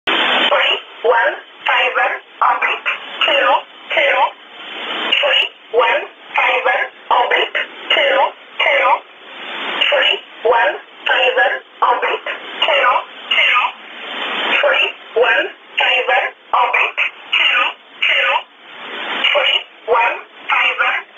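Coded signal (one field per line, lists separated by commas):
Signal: numbers station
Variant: E11 Oblique, English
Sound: steady run of short, evenly spaced spoken words in a narrow, radio-like voice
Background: radio hiss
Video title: 29 12 2018 E11 Oblique Numbers station in English to Eu 0805 on 7377 unknown tx site in USB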